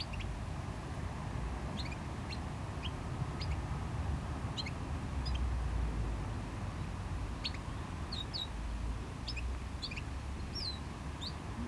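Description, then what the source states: Small bird calling with brief thin chips and a few slurred notes, scattered throughout above constant surf and far traffic rumble. Small bird in a bush by the GC-200 road, Agaete, Las Palmas, Spain; distant cars and waves audible; recorded with DPA-2006c AB pair into a MixPre-3.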